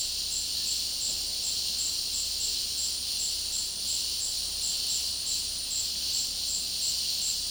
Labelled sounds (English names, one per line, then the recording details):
none
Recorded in dense forest near Puerto Asís, Putumayo, Colombia, on 21 February 2024 at 13:00
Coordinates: 0.485, -76.318
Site G6408